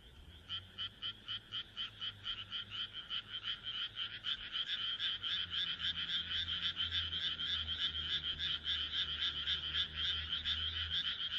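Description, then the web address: Frog calls in quick pulsed bursts, clearly separated at first, then merging into a dense chorus over a low droning hum. "kaeru kaeru"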